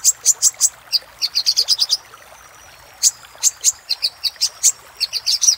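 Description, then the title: Little spiderhunter song, sharp high chips in short quick bursts with a short pause in between. Master recording for training cage birds; local name Sogok Ontong, labelled Labaik. "Masteran Burung Sogok Ontong Labaik"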